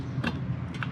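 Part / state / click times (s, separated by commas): spark plug wire boot onto lawn mower spark plug / seated / 0.8 s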